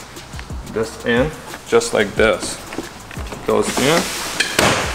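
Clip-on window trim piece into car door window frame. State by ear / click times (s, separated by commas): seated / 4.4 s, 4.6 s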